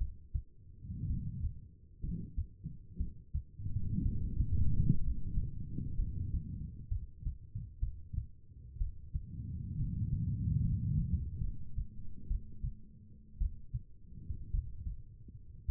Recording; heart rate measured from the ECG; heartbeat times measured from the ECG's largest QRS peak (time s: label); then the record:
heart sounds by stethoscope; 62 bpm
1.07 s: heartbeat
2.01 s: heartbeat
2.97 s: heartbeat
4.02 s: heartbeat
5.01 s: heartbeat
5.96 s: heartbeat
6.88 s: heartbeat
7.80 s: heartbeat
8.78 s: heartbeat
9.77 s: heartbeat
10.62 s: heartbeat
11.41 s: heartbeat
12.28 s: heartbeat
13.38 s: heartbeat
14.51 s: heartbeat
15.65 s: heartbeat
From the record:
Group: healthy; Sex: female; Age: 36 years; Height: 163 cm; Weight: 88 kg